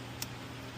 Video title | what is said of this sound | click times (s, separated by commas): 1998 kawasaki bayou 300c Cv Boot Replacement | And once you hear it click, | 0.2 s